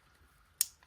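A wiring harness connector is pushed onto the next ignition coil pack and snaps home, seated, with a loud, sharp, bright snap at 0.6 s. A much fainter tick follows at 0.8 s over a low background hum.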